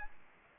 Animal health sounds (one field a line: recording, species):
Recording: mosquito wingbeat signal from an infrared sensor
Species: Aedes aegypti